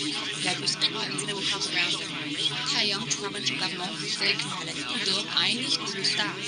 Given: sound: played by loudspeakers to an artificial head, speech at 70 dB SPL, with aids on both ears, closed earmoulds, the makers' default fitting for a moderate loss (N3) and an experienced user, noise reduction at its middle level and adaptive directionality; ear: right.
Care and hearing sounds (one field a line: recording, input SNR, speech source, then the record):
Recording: speech test signal (ISTS) in cocktail-party noise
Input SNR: -6 dB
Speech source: on the right (90 degrees)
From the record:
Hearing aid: class 2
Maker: A